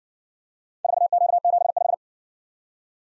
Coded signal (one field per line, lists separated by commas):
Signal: Morse code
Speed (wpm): 53 wpm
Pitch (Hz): 700 Hz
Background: none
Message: 4Q75